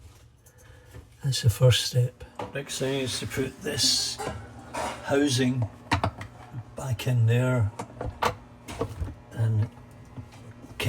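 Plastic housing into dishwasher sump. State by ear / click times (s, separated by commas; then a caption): seated / 10.8 s. A plastic filter/spray housing is pushed back into a dishwasher sump while someone talks, with a few light knocks and taps along the way. A sharp snap at 10.8 s marks the housing seating into place.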